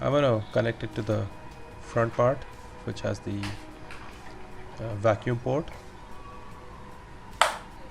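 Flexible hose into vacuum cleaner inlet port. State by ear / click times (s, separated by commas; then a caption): seated / 7.4 s. Someone talks over background music while a flexible hose is pushed into the front vacuum port of a Black & Decker WDBD15 15-litre, 1400 W, 16 kPa wet and dry vacuum cleaner with HEPA filter. At 7.4 s a single sharp, loud click is heard as the hose locks in place.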